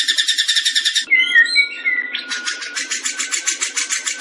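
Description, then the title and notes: White-rumped shama song: a fast, harsh repeated trill, then a few clear whistled notes near the middle, then rapid chattering trills resume to the end. Vigorous singing. "Masteran murai. Murai Batu Gacor"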